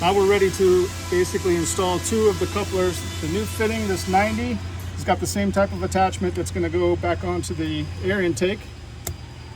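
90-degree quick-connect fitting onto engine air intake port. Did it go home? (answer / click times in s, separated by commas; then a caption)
yes / 9.1 s. During a crankcase catch can install on a Jeep 4xe, a 90-degree plastic quick-connect fitting is pushed onto the engine air intake port while someone talks over background music. One sharp tick is heard at 9.1 s as the fitting snaps and seats onto the intake port.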